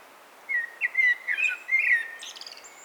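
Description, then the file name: Common blackbird song: a phrase of low, mellow fluted whistles that ends in a short, high, squeaky twitter. "Turdus merula"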